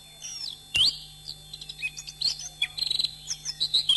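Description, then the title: Oriental magpie-robin song, a sharp loud note followed by fast high twittering and short whistled phrases, over a faint constant low hum. "Kicau Kacer"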